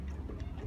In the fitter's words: so the first time when you pull it in it does this one little click